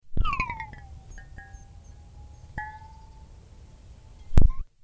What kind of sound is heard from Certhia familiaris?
call